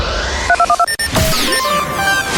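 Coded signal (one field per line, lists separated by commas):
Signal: DTMF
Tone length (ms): 70 ms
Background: music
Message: 3212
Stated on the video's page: DTMF cue on DJFM Kremenchuk, 107.0 MHz, switching from network to local regional advertising.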